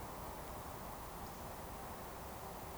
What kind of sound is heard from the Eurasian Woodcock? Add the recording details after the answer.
whistle. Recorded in Baden-Württemberg, Germany, on 14 June 2020 at 20:19 UTC. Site 43791, 788 m above sea level